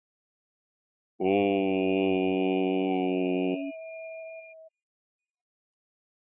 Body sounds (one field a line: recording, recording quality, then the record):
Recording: sustained vowel as in boot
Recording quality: moderate, slight background noise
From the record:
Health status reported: exposed to COVID-19, no respiratory illness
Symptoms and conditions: cough, fever, fatigue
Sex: male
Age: 35 years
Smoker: no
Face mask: not worn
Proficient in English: yes